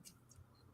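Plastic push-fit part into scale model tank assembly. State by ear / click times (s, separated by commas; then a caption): seated / 0.3 s. A small plastic push-fit part is pressed into a Leopard 2A6 scale-model tank build. A single short, faint click is heard at 0.3 s against a quiet background. The part clicks into place and is seated.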